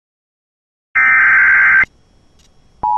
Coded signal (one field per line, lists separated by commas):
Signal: Emergency Alert System (SAME) tones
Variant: header bursts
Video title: (ARCHIVED) (Rare) Civil Emergency Message for Clinton, NY. (EAS #91)